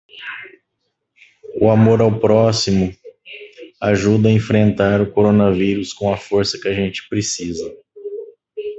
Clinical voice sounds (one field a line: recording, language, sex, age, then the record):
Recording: spoken sentence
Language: Brazilian Portuguese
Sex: male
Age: 30 to 39 years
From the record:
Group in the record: control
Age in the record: 38 years